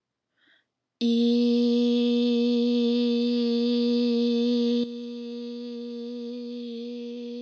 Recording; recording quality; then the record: sustained vowel as in beet; excellent, no background noise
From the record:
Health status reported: healthy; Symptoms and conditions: none ticked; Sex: female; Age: 28 years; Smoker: not ticked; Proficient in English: yes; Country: United States